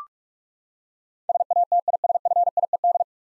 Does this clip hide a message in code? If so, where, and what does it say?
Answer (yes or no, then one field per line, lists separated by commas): yes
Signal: Morse code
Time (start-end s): 1.3-3.0 s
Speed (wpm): 46 wpm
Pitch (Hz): 700 Hz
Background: none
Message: SATISFIED